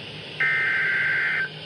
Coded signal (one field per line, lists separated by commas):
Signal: Emergency Alert System (SAME) tones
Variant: header bursts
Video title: (Fourth￼ of July EAS Compilation) STW, SMW and FFW on NOAA Radios! (7/4/2022) EAS #124–132